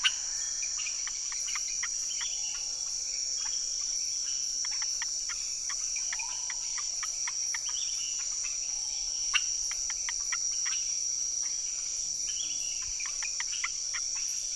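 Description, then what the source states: Amphibian chorus: numerous brief dry clicks scattered throughout from many callers, over a continuous high-pitched insect drone. Unidentified amphibians calling from the ground as rain approached, hundreds or thousands of them, Chemin des grands arbres, Saül, French Guiana, 16 November 2006; Nagra Ares BB+ with cardioid MKH40 microphones.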